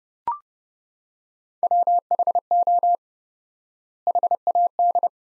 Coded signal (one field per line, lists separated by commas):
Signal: Morse code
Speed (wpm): 30 wpm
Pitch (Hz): 700 Hz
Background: none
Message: WHO HAD